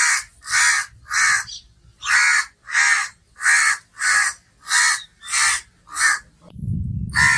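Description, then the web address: Myna giving loud, rasping calls repeated rhythmically, ending with a burst of low rumbling noise and one more call. "animal-sound myna-sound"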